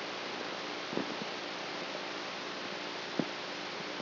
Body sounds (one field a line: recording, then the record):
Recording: brain microelectrode recording played as sound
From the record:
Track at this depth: outside the subthalamic nucleus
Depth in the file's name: -0.51 mm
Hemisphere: right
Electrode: 3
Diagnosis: Parkinson's disease